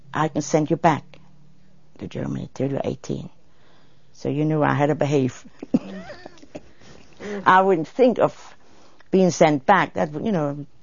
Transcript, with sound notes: I can send you back to Germany till you're eighteen." So you knew I had to behave. ( she laughs ) I wouldn't think of being sent back, you know.